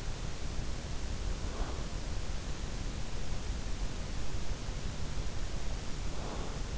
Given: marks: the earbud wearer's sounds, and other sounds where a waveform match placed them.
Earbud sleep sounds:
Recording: sounds in sleep by an in-ear microphone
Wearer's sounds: breath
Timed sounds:
1.27-2.08 s: breath
5.78-6.78 s: breath

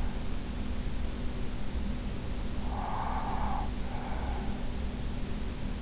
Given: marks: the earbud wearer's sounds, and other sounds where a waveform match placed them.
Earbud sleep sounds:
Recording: sounds in sleep by an in-ear microphone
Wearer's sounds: breath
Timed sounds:
2.50-5.19 s: breath

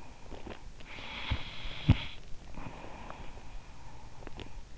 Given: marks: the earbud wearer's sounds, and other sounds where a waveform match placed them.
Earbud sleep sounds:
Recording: sounds in sleep by an in-ear microphone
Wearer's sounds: snoring breath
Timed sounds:
0.36-4.63 s: snoring breath

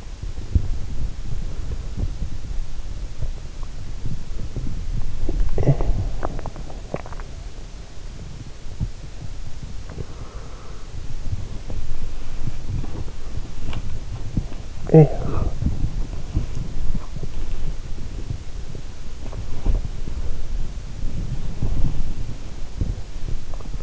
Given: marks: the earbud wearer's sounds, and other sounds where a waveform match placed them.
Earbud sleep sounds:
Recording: sounds in sleep by an in-ear microphone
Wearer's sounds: body movement, swallowing, talking in sleep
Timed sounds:
0.00-9.53 s: body movement
5.27-5.74 s: swallowing
9.88-23.83 s: body movement
14.88-15.14 s: talking in sleep

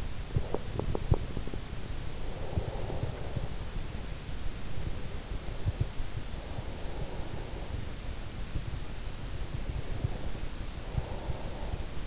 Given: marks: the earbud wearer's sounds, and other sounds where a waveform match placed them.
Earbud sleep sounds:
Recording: sounds in sleep by an in-ear microphone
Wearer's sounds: teeth grinding, breath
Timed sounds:
0.00-2.07 s: teeth grinding
2.07-4.07 s: breath
6.07-8.07 s: breath
9.07-12.07 s: breath

